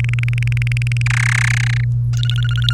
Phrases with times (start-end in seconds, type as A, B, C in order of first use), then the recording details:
0.00-1.02 A, 1.06-1.84 B, 2.13-2.73 C. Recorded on 1 May 2018 at 13:00. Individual llb3